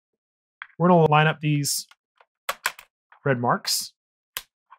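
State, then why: Seated. A camera lens is lined up by its red marks with the mount of a Canon R10 mirrorless camera body and rotated until it locks, while someone talks. Short handling ticks occur around 2.5–2.8 s, and a sharp snap-like click at 4.4 s marks the lens seating into the mount.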